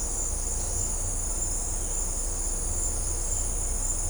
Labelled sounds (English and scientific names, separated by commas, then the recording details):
none
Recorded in dense forest near Puerto Asís, Putumayo, Colombia, on 18 December 2024 at 17:30
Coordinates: 0.503, -76.323
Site G043